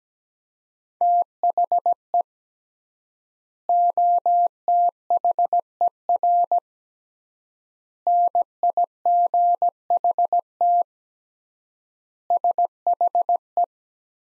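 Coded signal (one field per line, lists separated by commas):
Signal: Morse code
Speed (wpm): 17 wpm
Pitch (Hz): 700 Hz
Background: none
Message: THE OTHER NIGHT SHE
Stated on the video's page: Practice sentences from the top 300 words at 17 wpm with 3x standard word spacing, analogous to the Farnsworth method.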